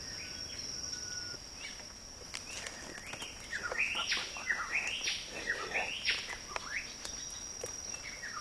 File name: Fiji Whistler